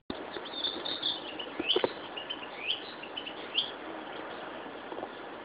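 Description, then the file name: Narcissus flycatcher song of soft whistled and slurred notes, scattered and faint, with clicks over a hissy background. Recorded 26 May 2011. "Ficedula narcissina"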